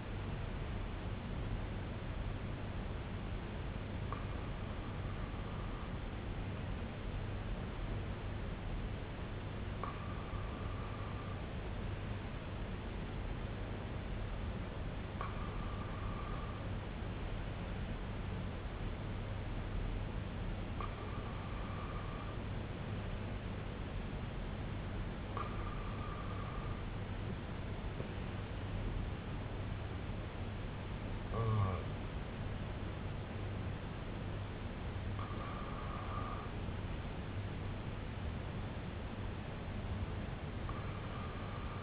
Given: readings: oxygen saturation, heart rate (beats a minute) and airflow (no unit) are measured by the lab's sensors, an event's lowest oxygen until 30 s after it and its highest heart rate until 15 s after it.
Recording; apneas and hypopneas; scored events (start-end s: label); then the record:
breathing in sleep by a voice recorder at the bedside; none
none scored
From the record:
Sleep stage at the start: N1 (lightest sleep); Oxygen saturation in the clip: 94 to 96%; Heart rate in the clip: 60 to 72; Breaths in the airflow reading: 8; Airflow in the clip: -5.1 to 2.9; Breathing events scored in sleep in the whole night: 258 in 7.4 hours asleep